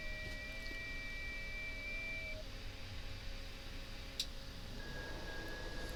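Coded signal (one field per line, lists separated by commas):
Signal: FT8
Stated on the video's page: FT8 in Hound DXpedition mode using WSJT-X v2.6.1.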